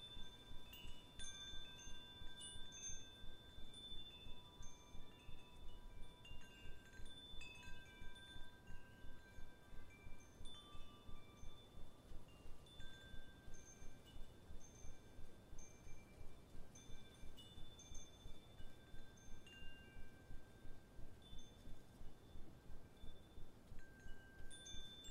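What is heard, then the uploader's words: Wind chimes ring continuously in an autumn wind, with many bright, overlapping tones struck every second or so and left to hang and fade. Beneath them runs a steady low rush of wind, with a gentle, even pulsing throughout. Autumn Wind Chimes. Then, we leave you with the sounds of wind chimes in an autumn wind.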